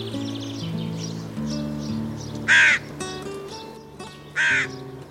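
Hooded Crow giving two harsh, rasping caws about two seconds apart.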